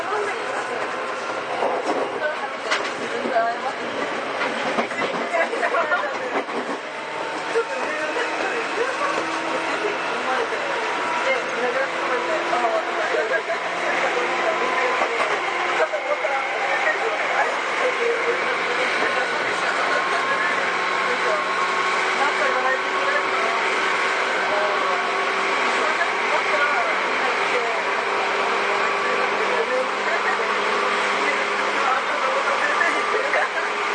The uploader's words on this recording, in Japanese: 西武旧2000系 西武新宿〜本川越。今回は急行運用を録音しました。モーターはMT54系の界磁チョッパ対応改良の独自型。